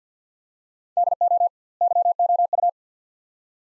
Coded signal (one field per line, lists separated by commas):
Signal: Morse code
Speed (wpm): 46 wpm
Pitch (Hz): 700 Hz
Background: none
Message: DO YOU